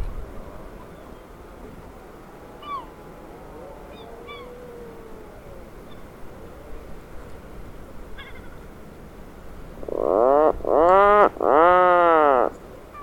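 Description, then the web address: Atlantic puffin giving a loud, low, groaning call in three harmonic bursts near the end, after a quieter stretch of steady background hiss. "sound Atlantic-puffin. صدای-پرنده-پافین-اطلس"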